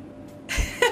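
After half a second of near silence comes a single brief gurgling rush with a low thud and a short squeaky tone at the end. These are ordinary stomach and bowel sounds from normal digestion, recorded from an adult's stomach.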